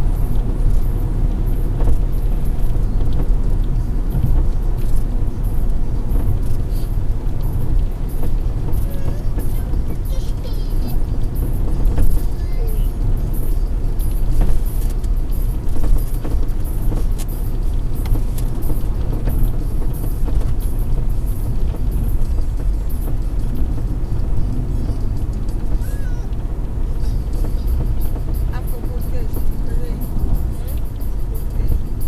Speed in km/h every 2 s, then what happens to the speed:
117, 116, 115, 113, 112, 110, 109, 107, 107, 106, 106, 107, 108, 109, 107, 102.
0-14 slows to 107. 14-27 steady at about 107. 27-32 slows to 102.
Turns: none.